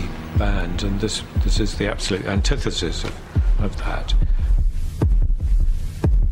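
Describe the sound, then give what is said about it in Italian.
Soft, low drum thumps played very lightly on a drum kit mimic a heartbeat in a steady, pulsing rhythm, with sustained voice-like tones layered over the first half. “Non si trattava del battito di un cuore reale, ma di un ritmo ottenuto suonando la batteria in modo molto leggero.”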